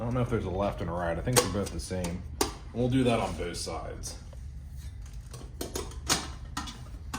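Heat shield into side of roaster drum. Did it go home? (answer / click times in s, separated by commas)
yes / 5.6 s, 6.6 s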